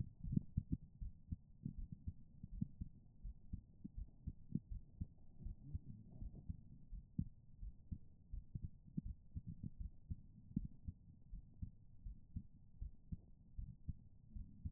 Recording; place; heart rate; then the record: heart sounds by stethoscope; pulmonary valve (PV); 83 bpm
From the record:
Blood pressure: 106/80 mmHg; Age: 35 years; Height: 155 cm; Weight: 43 kg